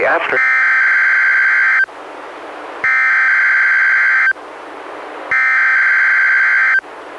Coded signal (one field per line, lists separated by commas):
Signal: Emergency Alert System (SAME) tones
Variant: header bursts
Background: speech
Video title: EAS #130-131: 2 NWR Required Weekly Tests- Oct. 5-12, 2016